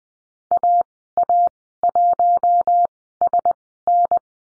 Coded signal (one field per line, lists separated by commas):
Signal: Morse code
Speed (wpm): 20 wpm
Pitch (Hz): 700 Hz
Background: none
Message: AA1SN